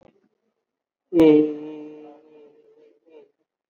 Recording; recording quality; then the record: sustained vowel as in beet; moderate, slight background noise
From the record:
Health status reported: COVID-19 positive, moderate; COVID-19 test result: positive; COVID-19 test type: RT-PCR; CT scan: taken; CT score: 16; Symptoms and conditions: cough, cold, breathing difficulty, sore throat, fever, fatigue, muscle pain, loss of smell and taste, diabetes, ischaemic heart disease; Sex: male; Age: 58 years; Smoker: no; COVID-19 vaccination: both doses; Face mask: worn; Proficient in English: yes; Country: India